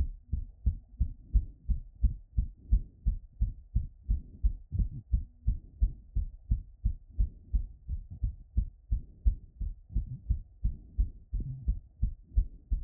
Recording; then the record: heart sounds by stethoscope after running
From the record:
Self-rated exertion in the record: vigorous exertion (4 of 6); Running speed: 6 mph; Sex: male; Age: 21 years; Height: 168 cm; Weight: 61 kg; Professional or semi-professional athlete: no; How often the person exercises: under once a week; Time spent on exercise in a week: 1 to 2 hours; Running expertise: yes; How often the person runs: under once a week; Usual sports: running, hiking, soccer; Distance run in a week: 0 km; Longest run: 10 km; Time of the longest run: 50 minutes